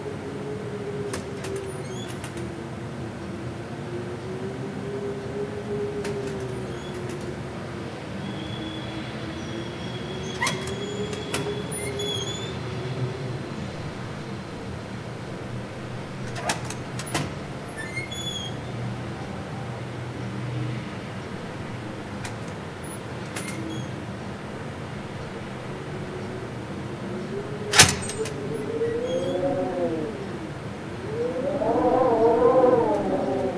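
Room tone with a steady low hum and wavering tones, scattered clicks and knocks, a sharp bang near 28 seconds, and a rising whine at the end.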